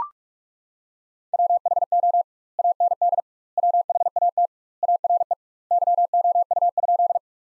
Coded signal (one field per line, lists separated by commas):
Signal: Morse code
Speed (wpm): 41 wpm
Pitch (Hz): 700 Hz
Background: none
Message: WHO AND WHAT ARE YOU?